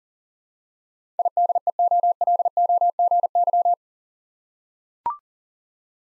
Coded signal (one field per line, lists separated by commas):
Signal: Morse code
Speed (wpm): 40 wpm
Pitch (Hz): 700 Hz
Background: none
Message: IDEOLOGY